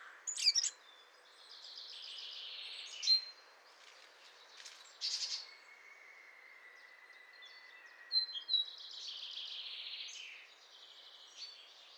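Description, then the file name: Eurasian blackcap song: bursts of rapid scratchy warbling broken by sharp clicking notes and one long, thin, level whistle, with another warbled phrase near the end. "Sylvia atricapilla"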